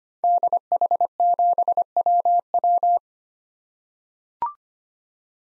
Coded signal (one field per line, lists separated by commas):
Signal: Morse code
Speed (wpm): 25 wpm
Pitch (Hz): 700 Hz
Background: none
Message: DH7WW